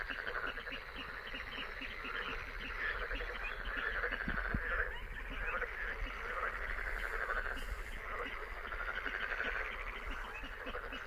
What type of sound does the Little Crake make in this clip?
call